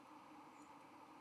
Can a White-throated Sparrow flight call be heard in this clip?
yes